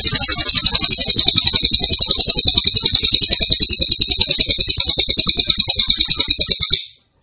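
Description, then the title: Grey-cheeked tit-babbler producing a long, unbroken high-pitched buzzy trill with regular pulses for nearly seven seconds before falling silent. Cililin described as gacor, singing persistently, with a strong voice (suara mantap). "Cililin AMPUH"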